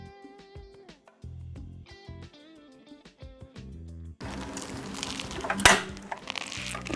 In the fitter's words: you can hear the click so be sure that actually you can hear